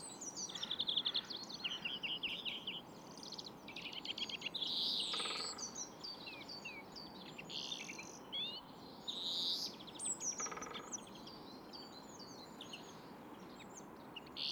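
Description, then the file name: European greenfinch twittering song, fast chirping trills with drawn-out buzzy wheezes near five and ten seconds, over background hiss. "Chloris chloris"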